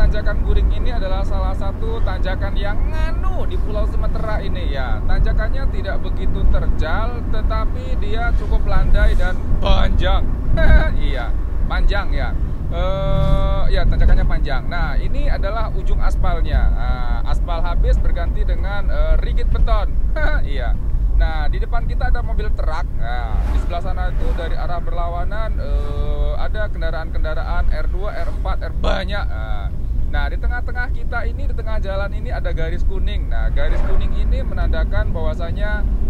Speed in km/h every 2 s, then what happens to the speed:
68, 67, 67, 67, 66, 64, 56, 52, 49, 45, 39, 33, 31, 30, 27, 28, 27, 30.
0-9 steady at about 67. 9-23 slows to 31. 23-33 steady at about 28.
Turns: none.